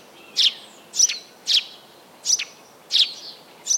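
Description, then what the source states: Eurasian tree sparrow chirping, six short sharp chirps against faint steady background hiss. Recording played in a quiz against the house sparrow; the two sound very similar and cannot be told apart by ear, even from recordings.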